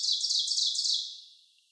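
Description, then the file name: Ovenbird song, a short run of loud, high, repeated two-part notes that fades away quickly after about one second. Recorded on 30 May 2019; three songs. "2019-05-30 Ovenbird 3 Songs"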